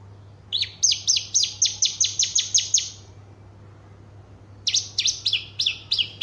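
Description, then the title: Horsfield's bush lark delivering two runs of sharp, high chirps repeated several times a second, a pause between runs, against a faint background hum. Called branjangan, a javanica bird singing its full repertoire of song material, described as outstanding. "Branjangan Istimewa Javanica Full Materi"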